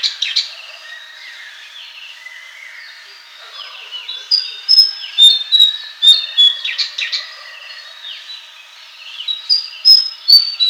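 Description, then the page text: White-throated fantail song: high, squeaky whistled notes and short sliding phrases, fast and jerky, with brighter bursts in the middle and at the end. "White-Throated Fantail Song. Quick Sounds"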